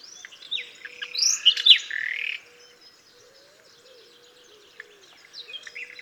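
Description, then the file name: Common nightingale song: a loud burst of rich, varied notes and rapid trills lasting about two seconds, then quieter, softer notes. "Luscinia megarhynchos"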